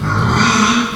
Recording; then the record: squeal of a Yucatan mini pig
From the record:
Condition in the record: after surgery on the right vocal fold (resection and tissue-engineered implant); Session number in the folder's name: 16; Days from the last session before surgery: 183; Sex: female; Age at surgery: 19 weeks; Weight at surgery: 25 kg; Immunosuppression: prednisolone